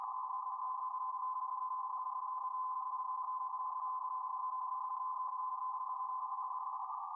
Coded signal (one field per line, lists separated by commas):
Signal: PSK31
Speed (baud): 31.25 baud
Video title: Showing off the FTDX10 PSK in the front DX near the end.